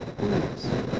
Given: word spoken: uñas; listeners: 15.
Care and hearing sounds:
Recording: one Spanish word in noise, from a listening test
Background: noise modulated by three-talker babble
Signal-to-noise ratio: -3.4 dB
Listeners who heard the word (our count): 2 of 15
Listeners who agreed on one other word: 6 of 15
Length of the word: 0.60 s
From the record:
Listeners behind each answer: 6, 2, 2, 1, 1, 1, 1, 1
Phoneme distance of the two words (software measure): 10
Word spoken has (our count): 2 syllables, 4 phonemes, stress on syllable 1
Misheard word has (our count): 2 syllables, 4 phonemes, stress on syllable 1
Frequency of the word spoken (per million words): 14.56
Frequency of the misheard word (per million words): 298.67

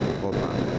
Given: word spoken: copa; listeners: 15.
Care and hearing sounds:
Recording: one Spanish word in noise, from a listening test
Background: noise modulated by three-talker babble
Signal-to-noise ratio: -4.8 dB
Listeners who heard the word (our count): 0 of 15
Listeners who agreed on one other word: 6 of 15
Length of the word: 0.39 s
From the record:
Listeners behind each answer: 6, 4, 2, 2, 1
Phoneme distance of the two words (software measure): 20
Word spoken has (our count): 2 syllables, 4 phonemes, stress on syllable 1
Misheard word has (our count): 2 syllables, 4 phonemes, stress on syllable 1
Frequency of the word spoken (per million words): 73.76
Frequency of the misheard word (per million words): 44.24

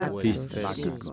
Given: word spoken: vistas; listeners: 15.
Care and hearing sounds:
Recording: one Spanish word in noise, from a listening test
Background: four-talker babble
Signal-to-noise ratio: 0.8 dB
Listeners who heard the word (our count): 0 of 15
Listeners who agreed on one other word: 6 of 15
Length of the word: 0.73 s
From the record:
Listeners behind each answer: 6, 2, 2, 1, 1, 1, 1, 1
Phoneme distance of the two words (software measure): 24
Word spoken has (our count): 2 syllables, 6 phonemes, stress on syllable 1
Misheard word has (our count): 3 syllables, 8 phonemes, stress on syllable 2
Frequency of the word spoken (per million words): 18.07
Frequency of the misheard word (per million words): 56.24

